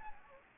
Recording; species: mosquito wingbeat signal from an infrared sensor; Anopheles gambiae